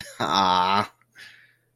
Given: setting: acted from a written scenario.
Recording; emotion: vocal sound without words; pride